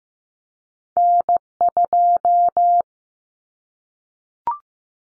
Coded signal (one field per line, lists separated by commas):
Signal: Morse code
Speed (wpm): 15 wpm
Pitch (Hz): 700 Hz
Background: none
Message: N2